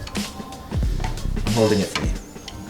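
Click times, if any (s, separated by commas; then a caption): none. A graphics card is handled at a motherboard PCIe slot while someone talks over background music, with brief handling knocks and rustles throughout. Nothing has seated or clicked yet.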